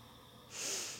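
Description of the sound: A soft, hissing rush of air from a breathing machine: the ventilator's breath for an adult man with ALS (Lou Gehrig's disease), a progressive neuromuscular illness, who is effectively quadriplegic and needs the apparatus to breathe.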